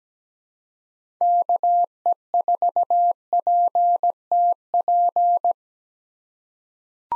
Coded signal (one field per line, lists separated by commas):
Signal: Morse code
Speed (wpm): 17 wpm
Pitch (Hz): 700 Hz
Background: none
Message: KE4PTP